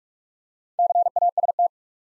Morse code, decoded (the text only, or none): CAST